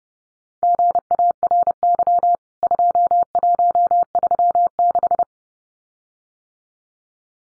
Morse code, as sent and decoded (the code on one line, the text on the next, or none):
--. .- .-. -.-- / ..--- .---- ...-- -....
GARY 2136